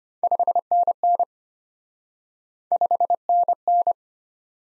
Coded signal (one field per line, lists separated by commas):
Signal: Morse code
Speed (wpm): 33 wpm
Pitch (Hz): 700 Hz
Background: none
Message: 5NN 5NN